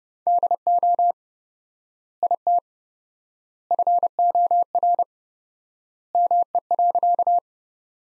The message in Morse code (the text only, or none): DO IT FOR ME.